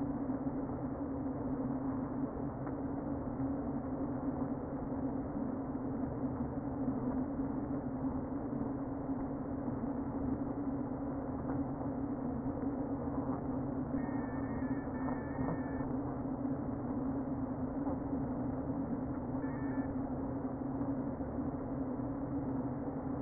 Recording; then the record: honeybee colony, microphone inside the hive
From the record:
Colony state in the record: queen present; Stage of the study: before two queens were removed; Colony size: about 60,000 bees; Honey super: yes